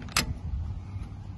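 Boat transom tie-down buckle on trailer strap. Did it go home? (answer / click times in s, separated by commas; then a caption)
yes / 0.1 s, 0.2 s. The gray lever of a retractable boat transom tie-down buckle on a trailer strap is pulled forward to tighten the strap, giving two quick ratchet clicks at 0.1 and 0.2 seconds, the second sharp and bright. Low rumble continues underneath, and the buckle is tight and ready to go.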